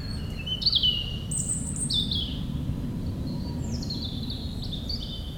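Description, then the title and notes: European robin singing high, thin warbled phrases that slide and waver, with a steady low roar of aircraft beneath. Singing in the huge Meerdaalbos forest, Oud-Heverlee, Belgium, with planes taking off. "3051 Oud-Heverlee, Belgium - Meerdaalbos. Into the huge forest called Meerdaalbos, the European Robin singing, and planes takeoffs"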